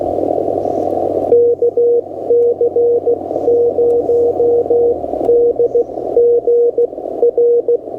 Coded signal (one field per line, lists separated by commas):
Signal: Morse code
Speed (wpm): 15 wpm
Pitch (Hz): 480 Hz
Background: none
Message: KC0DGR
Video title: POTA in the Redwoods: Harder Than You'd Think!